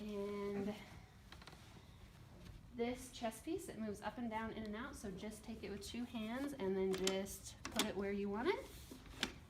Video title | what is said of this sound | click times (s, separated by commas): New Update Eminem | and I will lock into place you're probably going to need to scoot it down just a little bit more there you go | 9.2 s